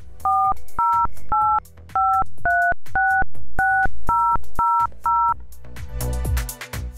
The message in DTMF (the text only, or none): 4085366000